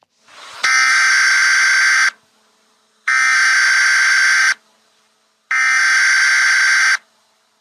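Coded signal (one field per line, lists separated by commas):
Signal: Emergency Alert System (SAME) tones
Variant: header bursts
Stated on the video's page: Fictional EAS scenario alert tones.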